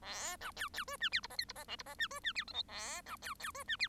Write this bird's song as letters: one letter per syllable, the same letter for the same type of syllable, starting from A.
A B C C D E F G H I G H J G H E D E F K L A B C C D E F